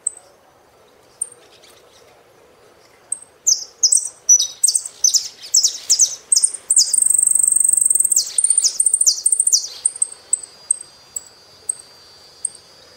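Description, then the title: Saffron finch song: scattered thin ticks build into a tumbling series of chirps and a dense buzzy trill, then fade back to high, sparse notes. "Jilguero Argentino"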